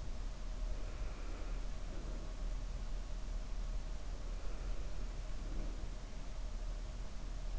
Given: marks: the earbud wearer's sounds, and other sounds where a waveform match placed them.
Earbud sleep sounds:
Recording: sounds in sleep by an in-ear microphone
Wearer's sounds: breath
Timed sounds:
0.62-2.63 s: breath
4.35-6.22 s: breath

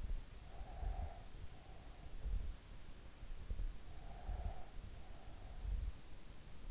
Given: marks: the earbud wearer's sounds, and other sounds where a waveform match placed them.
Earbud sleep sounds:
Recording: sounds in sleep by an in-ear microphone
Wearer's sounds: breath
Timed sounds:
0.48-2.46 s: breath
3.88-5.81 s: breath

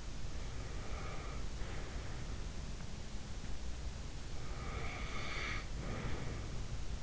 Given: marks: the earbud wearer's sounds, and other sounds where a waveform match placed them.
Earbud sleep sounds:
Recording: sounds in sleep by an in-ear microphone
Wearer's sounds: breath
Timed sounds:
0.35-2.56 s: breath
4.28-6.69 s: breath

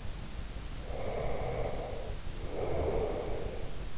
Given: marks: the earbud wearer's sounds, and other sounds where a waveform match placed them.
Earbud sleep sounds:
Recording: sounds in sleep by an in-ear microphone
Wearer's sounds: breath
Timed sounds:
0.80-3.75 s: breath

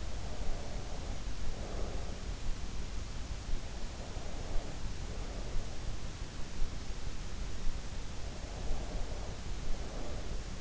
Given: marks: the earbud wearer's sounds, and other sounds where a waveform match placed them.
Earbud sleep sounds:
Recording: sounds in sleep by an in-ear microphone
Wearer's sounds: breath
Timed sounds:
0.00-2.36 s: breath
3.96-5.84 s: breath
8.43-10.61 s: breath

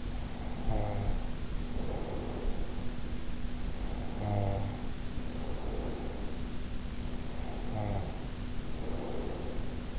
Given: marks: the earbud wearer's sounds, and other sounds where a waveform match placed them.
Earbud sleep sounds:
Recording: sounds in sleep by an in-ear microphone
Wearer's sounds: snoring breath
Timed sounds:
0.00-3.24 s: snoring breath
3.51-6.59 s: snoring breath
7.02-9.99 s: snoring breath

